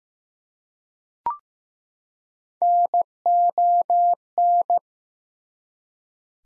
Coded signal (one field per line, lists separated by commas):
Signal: Morse code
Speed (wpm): 15 wpm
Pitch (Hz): 700 Hz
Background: none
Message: NON